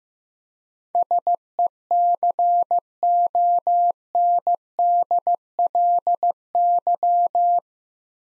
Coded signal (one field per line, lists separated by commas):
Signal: Morse code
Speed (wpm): 15 wpm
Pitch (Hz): 700 Hz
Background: none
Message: SECONDLY